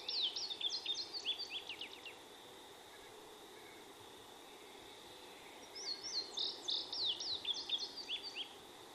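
Indigo bunting song phrases of bright, high paired notes, one at the start and another after a few seconds' pause, over a continuous thin insect buzz.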